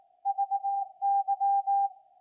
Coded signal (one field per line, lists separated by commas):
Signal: Morse code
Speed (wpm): 19 wpm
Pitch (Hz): 800 Hz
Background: none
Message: VY